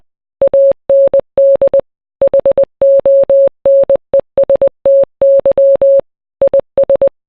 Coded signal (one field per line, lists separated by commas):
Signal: Morse code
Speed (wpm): 20 wpm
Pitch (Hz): 550 Hz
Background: none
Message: AND HONESTY IS